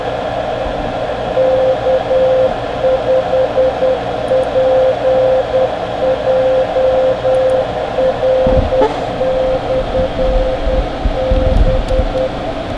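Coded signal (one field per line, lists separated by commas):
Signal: Morse code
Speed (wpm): 10 wpm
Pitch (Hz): 520 Hz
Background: none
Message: K5PJR/B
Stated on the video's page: CW during a strong tropospheric opening on 902 MHz and 1296, with 300-plus-mile contacts made using Elecraft K3 transceivers.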